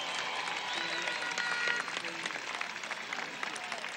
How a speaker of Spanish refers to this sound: Un aplauso a los músicos.